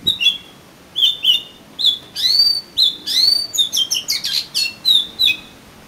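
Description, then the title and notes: Oriental magpie-robin song of clear level whistles and bright slurred notes, delivered in bursts that come closer together toward the end. "suara kacer. kumpulan suara burung kacer"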